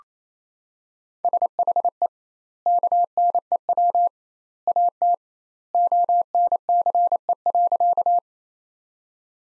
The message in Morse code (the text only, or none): SHE KNEW AT ONCE.